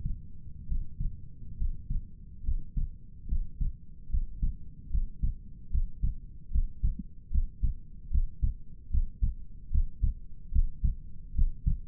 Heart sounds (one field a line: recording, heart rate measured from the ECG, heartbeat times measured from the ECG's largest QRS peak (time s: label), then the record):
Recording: heart sounds by stethoscope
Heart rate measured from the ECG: 73 bpm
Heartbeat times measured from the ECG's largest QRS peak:
0.68 s: heartbeat
1.58 s: heartbeat
2.44 s: heartbeat
3.28 s: heartbeat
4.10 s: heartbeat
4.91 s: heartbeat
5.71 s: heartbeat
6.51 s: heartbeat
7.31 s: heartbeat
8.11 s: heartbeat
8.91 s: heartbeat
9.71 s: heartbeat
10.52 s: heartbeat
11.35 s: heartbeat
From the record:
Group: healthy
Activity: breath hold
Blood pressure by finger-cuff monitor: 84/61 mmHg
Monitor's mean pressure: 68 mmHg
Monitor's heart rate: 74 bpm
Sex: male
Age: 22 years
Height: 181 cm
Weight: 79 kg